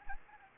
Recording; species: mosquito wingbeat signal from an infrared sensor; Anopheles gambiae